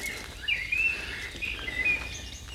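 Birds sing in a forest at 10 o'clock: thin, high chirps and short whistled phrases recur over a steady hiss of background noise, with no one speaking.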